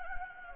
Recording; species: mosquito wingbeat signal from an infrared sensor; Anopheles gambiae